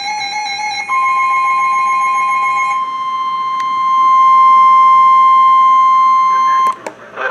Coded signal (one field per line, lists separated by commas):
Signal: Emergency Alert System (SAME) tones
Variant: 1050 Hz attention tone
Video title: Severe Thunderstorm Warning (EAS #1629-1630)